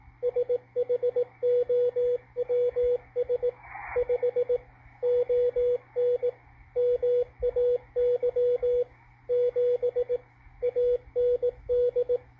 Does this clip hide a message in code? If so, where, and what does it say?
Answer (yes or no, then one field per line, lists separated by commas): yes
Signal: Morse code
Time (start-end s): 0.2-12.2 s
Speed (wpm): 17 wpm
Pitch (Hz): 490 Hz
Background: radio noise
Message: SHOWS 5 ON MAY 7 AND